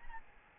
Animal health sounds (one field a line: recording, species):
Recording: mosquito wingbeat signal from an infrared sensor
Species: Aedes albopictus